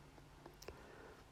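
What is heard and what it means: The replacement cab of a restored Aveling Dinky diecast road roller is pressed onto the metal body, a fiddly fit that needs patience and has to sit level. A faint tap is heard at 0.5 s, then sharp clicks at 0.6 s and 0.7 s as the cab pops into place. The cab is seated.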